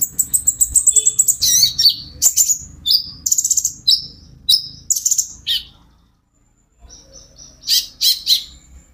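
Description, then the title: Van Hasselt's sunbird song of shrill chirps and brief whistled trills over a faint low hum, pausing briefly late on before resuming. Konin ijoan (green) variety singing actively (gacor); recording used as a lure and therapy for caged birds, said to make untrained birds answer. "KOLIBRI NINJA KONIN IJOAN GACOR COCOK UNTUK PANCINGAN TERAPI KONIN BAHAN PASTI NYAUT"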